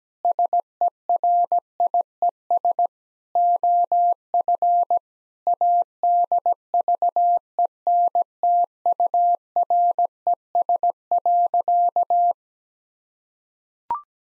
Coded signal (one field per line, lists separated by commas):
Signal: Morse code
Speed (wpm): 17 wpm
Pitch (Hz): 700 Hz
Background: none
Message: SERIES OF ADVENTURES.